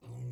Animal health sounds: pig call; weaner (32 to 43 days)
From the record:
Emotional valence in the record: negative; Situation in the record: restrain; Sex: male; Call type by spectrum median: low-frequency call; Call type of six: low-frequency stable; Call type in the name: low-frequency stable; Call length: 0.32 s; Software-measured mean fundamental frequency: 60 Hz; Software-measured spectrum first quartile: 122 Hz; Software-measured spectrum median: 146 Hz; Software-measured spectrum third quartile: 283 Hz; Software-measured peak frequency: 122 Hz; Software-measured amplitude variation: 73 dB a second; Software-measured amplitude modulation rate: 10.8 a second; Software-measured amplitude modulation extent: 6.7 dB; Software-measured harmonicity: 19.7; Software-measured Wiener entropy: 0.66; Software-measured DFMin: 1175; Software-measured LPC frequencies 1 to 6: 2188, 2775, 3750, 4615, 6391, 7226 Hz

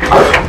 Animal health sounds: pig call; growing-finishing pig (85 days or more)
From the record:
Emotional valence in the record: positive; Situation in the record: run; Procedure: transit

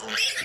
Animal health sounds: pig call; piglet (1 to 25 days)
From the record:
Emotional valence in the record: negative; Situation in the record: short isolation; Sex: female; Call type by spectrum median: high-frequency call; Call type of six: mixed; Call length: 0.45 s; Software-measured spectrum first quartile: 2343 Hz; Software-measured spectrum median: 3310 Hz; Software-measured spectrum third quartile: 5094 Hz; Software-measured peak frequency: 2647 Hz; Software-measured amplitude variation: 115 dB a second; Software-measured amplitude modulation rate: 14.3 a second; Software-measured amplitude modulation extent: 8.0 dB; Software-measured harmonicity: 2.8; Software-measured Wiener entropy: -1.86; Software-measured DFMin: 925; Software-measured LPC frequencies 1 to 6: 1781, 2666, 3335, 5197, 5775, 7190 Hz

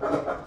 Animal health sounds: pig call; growing-finishing pig (85 days or more)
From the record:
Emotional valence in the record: positive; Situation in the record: run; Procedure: transit

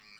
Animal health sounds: pig call; piglet (1 to 25 days)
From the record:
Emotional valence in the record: positive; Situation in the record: reunion after long isolation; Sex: female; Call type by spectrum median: high-frequency call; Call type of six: low-frequency tonal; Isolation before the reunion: 8 minutes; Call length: 0.20 s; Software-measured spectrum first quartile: 2046 Hz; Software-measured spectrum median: 3064 Hz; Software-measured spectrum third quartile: 4772 Hz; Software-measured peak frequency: 2333 Hz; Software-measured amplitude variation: 61 dB a second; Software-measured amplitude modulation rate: 12.7 a second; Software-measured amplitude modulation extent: 4.8 dB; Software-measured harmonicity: 2.5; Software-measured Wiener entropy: -1.41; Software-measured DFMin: 1406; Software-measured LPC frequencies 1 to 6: 1257, 2360, 4319, 4838, 5812, 7535 Hz

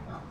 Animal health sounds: pig call; growing-finishing pig (85 days or more)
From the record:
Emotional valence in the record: positive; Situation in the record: run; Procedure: transit

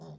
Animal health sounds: pig call; piglet (1 to 25 days)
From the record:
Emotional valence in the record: negative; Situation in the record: short isolation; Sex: male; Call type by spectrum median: low-frequency call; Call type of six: low-frequency stable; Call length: 0.19 s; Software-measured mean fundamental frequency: 45 Hz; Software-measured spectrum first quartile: 161 Hz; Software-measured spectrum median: 302 Hz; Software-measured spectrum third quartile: 695 Hz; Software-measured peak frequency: 164 Hz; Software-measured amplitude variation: 76 dB a second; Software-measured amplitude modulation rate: 16.1 a second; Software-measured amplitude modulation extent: 4.8 dB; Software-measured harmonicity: 2.1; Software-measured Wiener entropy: -0.27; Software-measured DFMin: 1445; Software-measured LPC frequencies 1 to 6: 3576, 5254, 6016, 6762, 7424, 8644 Hz

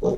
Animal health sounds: pig call; piglet (1 to 25 days)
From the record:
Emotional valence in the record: negative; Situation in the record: long isolation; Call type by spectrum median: low-frequency call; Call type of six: low-frequency tonal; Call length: 0.18 s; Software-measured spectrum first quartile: 241 Hz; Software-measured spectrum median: 400 Hz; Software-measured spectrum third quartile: 495 Hz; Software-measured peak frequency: 434 Hz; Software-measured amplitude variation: 122 dB a second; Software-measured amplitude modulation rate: 19.2 a second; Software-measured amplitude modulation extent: 6.3 dB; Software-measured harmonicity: 4.6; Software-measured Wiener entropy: -0.94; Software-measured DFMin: 1077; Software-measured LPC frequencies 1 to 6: 454, 2428, 3689, 4789, 5845, 6051 Hz

